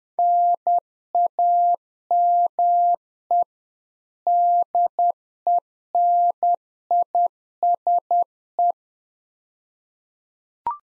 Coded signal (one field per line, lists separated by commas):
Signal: Morse code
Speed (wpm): 10 wpm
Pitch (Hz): 700 Hz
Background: none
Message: NAME DENISE